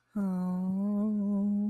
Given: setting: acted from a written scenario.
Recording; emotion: vocal sound without words; serenity